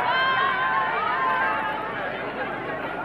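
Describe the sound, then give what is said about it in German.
A large crowd cheers and shouts continuously at the entrance to Beusselstraße in Berlin, awaiting the president's convoy, a dense wash of many voices with rising whoops and calls that stays loud throughout. “Und hören Sie auch hier an der Einfahrt zur Beusselstraße den Jubel der Menschen.”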